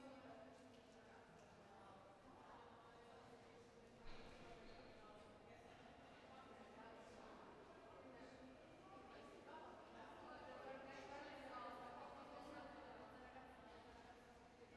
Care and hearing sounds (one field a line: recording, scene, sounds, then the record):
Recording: everyday scene through a hearing-aid microphone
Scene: reverberant space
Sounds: background noise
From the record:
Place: railway station hall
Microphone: behind the ear, right, front